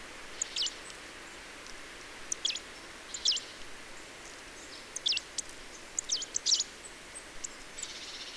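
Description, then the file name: Marsh tit calling with sharp, high, downslurred notes, single or in quick pairs, spaced irregularly against a constant hiss. "Poecile palustris"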